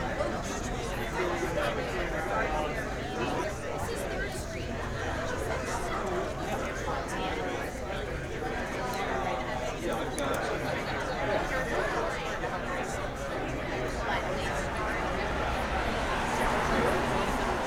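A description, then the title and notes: Lunchtime in the city, with many voices talking at once in a dense, steady murmur of chatter. The overall level holds even across the whole stretch, with occasional light clinks and brief sharper sounds rising out of the crowd noise. Lunch in the City.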